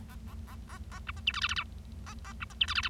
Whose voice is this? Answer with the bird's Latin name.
Lonchura striata domestica